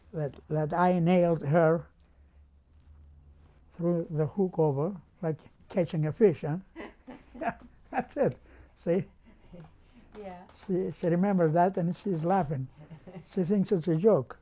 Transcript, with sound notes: that, that I nailed her, threw the hook over, like catching a fish, hah? (laughs) That's it, see?
Yeah.
See, she remembers that, and she's laughing. She thinks it's a joke.